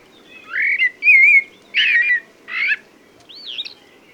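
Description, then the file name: Common blackbird giving a short series of five whistled notes, some rising and some warbled, over a low background hum. "Turdus merula"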